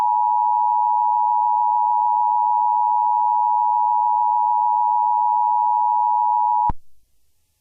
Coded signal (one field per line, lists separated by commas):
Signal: Emergency Alert System (SAME) tones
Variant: 853 and 960 Hz attention tone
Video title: EAS Scenario - THE TROLLGE (Part One)